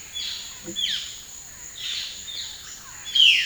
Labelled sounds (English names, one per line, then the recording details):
Violaceous Jay
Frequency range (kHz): Violaceous Jay 1.0-13.3 kHz
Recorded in dense forest near Puerto Asís, Putumayo, Colombia, on 18 February 2024 at 14:30
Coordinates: 0.502, -76.324
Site G6370